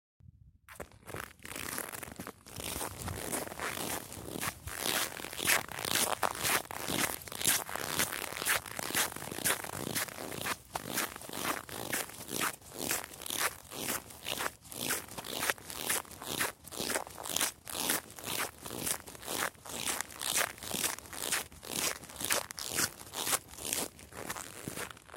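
Snow crunches underfoot in a steady run of sharp, bright, gritty bursts, starting after a brief silent moment and continuing to the end. The crunches come quickly and fairly regularly, about two each second, with a faint hiss between them.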